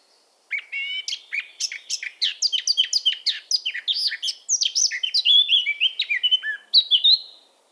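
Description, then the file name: Eurasian blackcap song: a fast, rich warble of varied chirps and fluty notes running for about seven seconds, mostly high-pitched. "Sylvia atricapilla"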